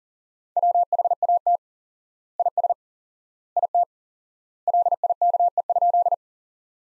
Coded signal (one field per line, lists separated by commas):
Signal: Morse code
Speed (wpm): 40 wpm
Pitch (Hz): 700 Hz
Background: none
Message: WHAT IS IT LIKE?